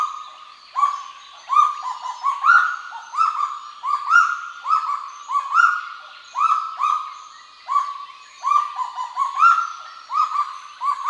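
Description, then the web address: Kagu calls: a steady run of ringing, upslurred notes, some overlapping as if from more than one bird, each rising sharply then holding briefly, repeated in quick bursts throughout. "sound Kagu. صدای-پرنده-کاگو"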